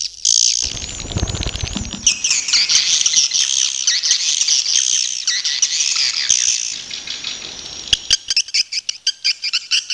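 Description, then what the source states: Swiftlets give a dense, continuous high twittering of many overlapping chirps, breaking into sharp separate clicks and chips near the end. Swiftlet sounds used for swiftlet farming in Asia.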